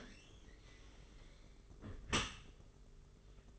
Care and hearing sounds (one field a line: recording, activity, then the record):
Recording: daily activity, microphone in the room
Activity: close dishwasher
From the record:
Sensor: 4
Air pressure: 992.1 hPa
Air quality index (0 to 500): 109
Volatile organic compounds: 18 ppm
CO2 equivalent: 2611 ppm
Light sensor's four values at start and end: 23/78/28/30 and 23/78/28/30